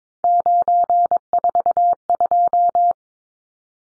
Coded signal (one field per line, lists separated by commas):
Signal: Morse code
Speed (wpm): 22 wpm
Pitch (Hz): 700 Hz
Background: none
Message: 942